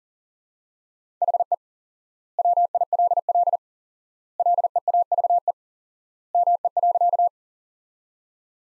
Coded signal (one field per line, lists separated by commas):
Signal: Morse code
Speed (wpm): 40 wpm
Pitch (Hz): 700 Hz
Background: none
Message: HE WILL LEAVE ME.